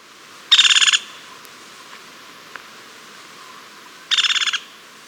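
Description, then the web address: Crimson-mantled woodpecker giving two short, fast rattled bursts of clipped notes, about half a second each, separated by a long quiet gap. Recorded in Ecuador. "S America Birds of Ecuador. Crimson-Mantled Woodpecker"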